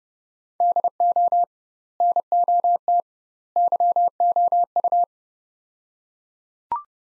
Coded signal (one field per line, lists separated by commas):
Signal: Morse code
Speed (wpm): 32 wpm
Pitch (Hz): 700 Hz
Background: none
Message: DO NOT YOU